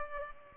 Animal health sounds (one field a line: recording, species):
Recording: mosquito wingbeat signal from an infrared sensor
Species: Culex pipiens